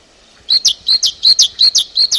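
Great tit song: a see-sawing two-note phrase repeated five times in quick, even succession, bright and ringing, with a faint background hiss.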